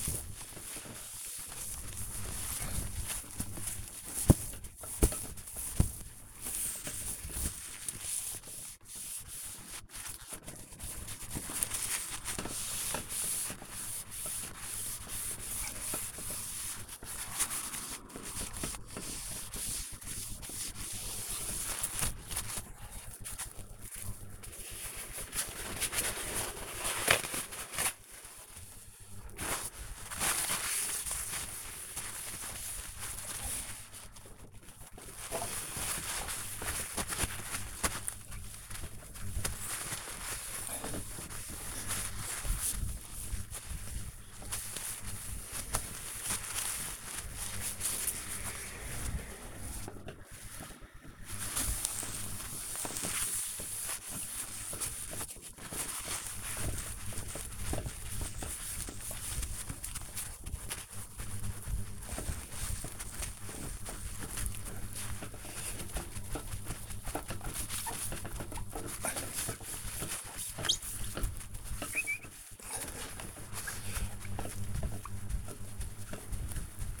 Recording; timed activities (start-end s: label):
household activities, microphone on the right wrist
0.00-77.00 s: window cleaning